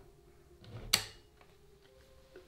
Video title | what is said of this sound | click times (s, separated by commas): ASUS ROG Strix XG17AHP Gaming Monitor Review - Portable Gaming Monitor in 2021 | clicks in place that way you know it's locked and it's not going to go anywhere | 0.9 s